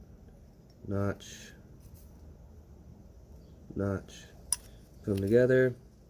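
A metal engine main/rod bearing shell is handled and pressed toward the connecting rod or main cap, so its locating tang can sit in the notch. Someone talks in short bursts over quiet background noise, and a few light metallic clinks and ticks are heard. Nothing has seated or clicked into place yet.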